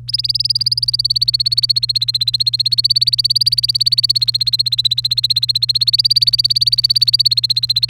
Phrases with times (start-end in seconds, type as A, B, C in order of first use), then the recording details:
0.08-7.90 A. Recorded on 1 May 2018 at 18:07. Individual llb3